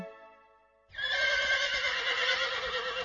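A horse neighs: a thin, tonal whinny opens, then breaks into a loud, rough, breathy whinny that holds steady for about two seconds with no voices.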